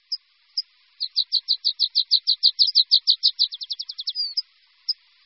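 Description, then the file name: Water pipit trilled song: a few separate high notes, then a quickening series of sharp chirps running into a fast trill, ending with scattered single notes. "Linduška-horská"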